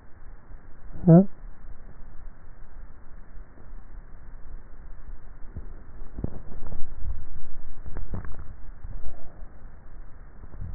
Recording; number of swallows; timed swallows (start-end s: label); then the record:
swallowing sounds by neck microphone; 1
7.98-9.55 s: swallow
From the record:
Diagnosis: dysphagia